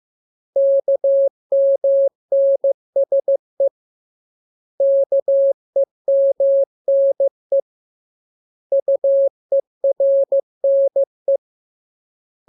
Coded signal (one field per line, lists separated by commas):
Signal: Morse code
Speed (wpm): 15 wpm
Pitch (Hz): 550 Hz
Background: none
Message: KMNSE KEMNE UERNE